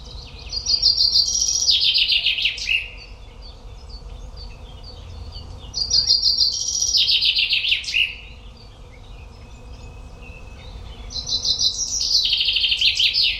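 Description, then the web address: Common chaffinch song, three bright rattling phrases falling in pitch and closing with a flourish, spaced about five seconds apart, faint other bird notes between them. "Deverinetal"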